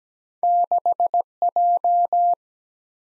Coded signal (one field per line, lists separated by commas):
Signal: Morse code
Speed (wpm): 17 wpm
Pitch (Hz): 700 Hz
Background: none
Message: 6 J